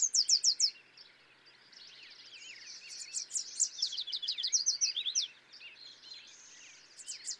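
Yellow warbler song: a quick run of high, sweet repeated notes at the start, a longer bright phrase midway, and another beginning at the end, over a busy chorus of other birds.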